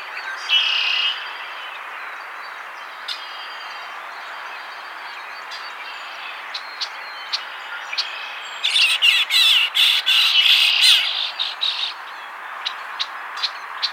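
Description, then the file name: Red-winged Blackbird calling: a short buzzy note at the start, sparse sharp chips, then a loud run of grating pulsed buzzes followed by more chips. "Agelaius phoeniceus - Red-winged Blackbird"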